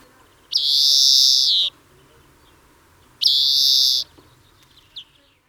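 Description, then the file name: European greenfinch giving two long, nasal, buzzy wheezes, each about a second long, a couple of seconds apart, followed by a faint short note. "Chloris chloris"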